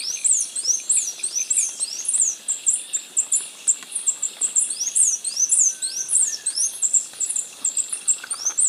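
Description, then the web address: Capped Conebill giving a dense run of very high, thin upslurred notes, repeated rapidly and almost overlapping for the whole stretch. Ecuador. "Natures Songs S America Birds of Ecuador Capped Conebill"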